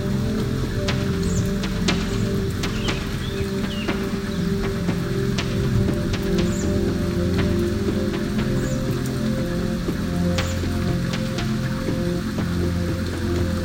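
A thunderstorm, with rain falling steadily throughout. A thick, low rumble holds at an even level the whole time, while sharp drops tick and patter irregularly above it, sometimes in quick bursts. No single loud clap stands out.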